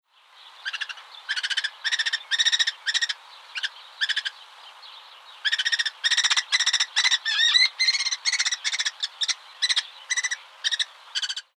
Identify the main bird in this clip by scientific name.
Falco vespertinus